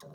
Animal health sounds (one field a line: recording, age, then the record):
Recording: pig call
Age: piglet (1 to 25 days)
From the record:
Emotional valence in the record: negative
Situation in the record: long isolation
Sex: female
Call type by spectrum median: low-frequency call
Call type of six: low-frequency tonal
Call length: 0.15 s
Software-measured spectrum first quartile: 330 Hz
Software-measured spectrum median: 779 Hz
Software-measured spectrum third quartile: 3572 Hz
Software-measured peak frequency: 152 Hz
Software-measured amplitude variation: 72 dB a second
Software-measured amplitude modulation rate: 16.7 a second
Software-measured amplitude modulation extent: 4.3 dB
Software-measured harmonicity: 0.8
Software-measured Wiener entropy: -4.18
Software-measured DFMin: 1104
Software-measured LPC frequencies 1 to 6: 522, 1737, 3803, 4776, 5334, 6414 Hz